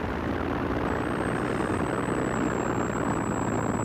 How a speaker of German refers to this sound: Ich drossel den Motor ab. Weshalb? Ich spart Benzin.